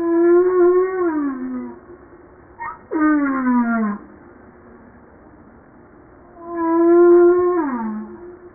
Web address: pub JASA 2013 Blue Bowhead Fin Humpback Southern Right Whale humpback-01 940305-0952